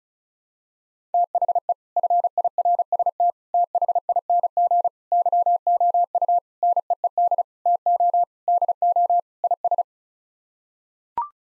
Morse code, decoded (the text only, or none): THE FIRST THING YOU NEED TO DO IS